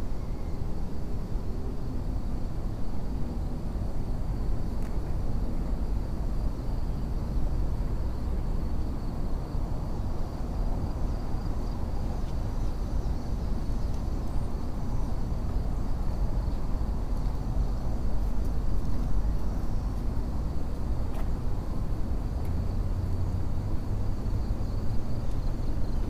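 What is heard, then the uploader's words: Ambience beside the Anacostia River near Washington, D.C.: a steady, dense low rumble like passing traffic fills the whole recording, thickening slightly after about 22 seconds. A thin, constant high whine sits above it, with a few faint ticks around 18–21 seconds. Sitting and thinking next to the Anacostia River near Washington, D.C.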